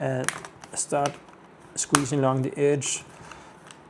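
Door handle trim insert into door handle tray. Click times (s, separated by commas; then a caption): 3.3 s, 3.7 s. Someone talks while the door handle insert of a Fisker Ocean, with its LEDs held behind small tabs, is squeezed along its edge into the plastic door handle tray. Two small clicks follow at 3.3 s and 3.7 s as the tabs snap down and seat into the tray.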